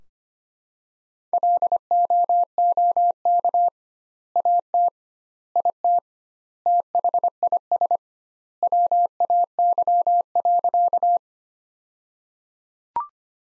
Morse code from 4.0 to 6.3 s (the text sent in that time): AT IT